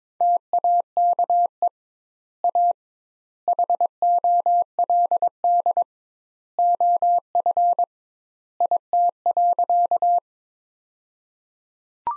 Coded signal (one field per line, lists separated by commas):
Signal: Morse code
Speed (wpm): 22 wpm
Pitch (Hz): 700 Hz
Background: none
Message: TAKE A HOLD OF IT.